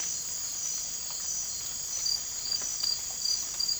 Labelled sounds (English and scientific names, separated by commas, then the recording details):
none
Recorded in dense forest near Puerto Asís, Putumayo, Colombia, on 20 December 2024 at 00:00
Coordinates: 0.481, -76.323
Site G100